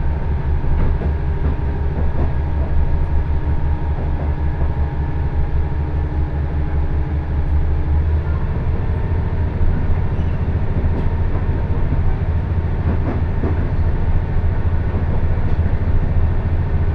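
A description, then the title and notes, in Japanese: A two-car KiHa 110 diesel train runs along the Kesennuma Line between Maeyachi and Yanaizu, its engine a steady low rumble throughout. Faint rhythmic clicks of wheels over rail joints recur, with a few thin whining tones held above the drone. 鉄道旅 気仙沼線 前谷地→柳津。キハ110系の２両編成が快走していきます。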